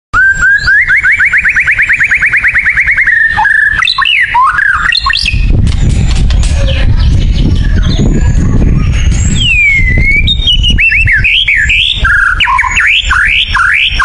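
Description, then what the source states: White-rumped shama song opening with a fast, even trill of repeated notes, then whistled slurs partly drowned by loud low rumbling noise, ending in rising and falling whistles. Actively singing (gacor) white-rumped shama; a lure recording meant to make the bird respond.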